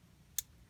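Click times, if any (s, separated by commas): 0.4 s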